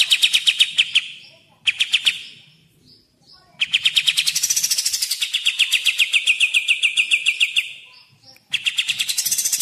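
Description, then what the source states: Grey-cheeked bulbul singing in bursts of fast, buzzy repeated notes, with a near-silent gap in the middle before a longer, sustained chattering run resumes. Tutor recording (masteran) for training songbirds.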